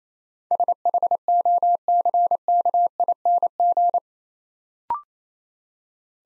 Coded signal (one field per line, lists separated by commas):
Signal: Morse code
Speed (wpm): 27 wpm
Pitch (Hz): 700 Hz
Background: none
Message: SHOCKING